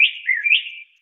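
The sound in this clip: Mockingbird call, one continuous warbling phrase that dips and then rises again, high-pitched, lasting under a second in a quiet background.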